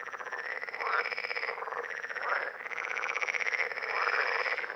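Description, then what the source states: Common parsley frog calling, continuous dense pulsed rasping croaks with occasional rising creaky notes. Several frogs calling at Lerouville, Lorraine, France, on 5 June 2022.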